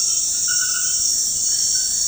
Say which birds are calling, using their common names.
none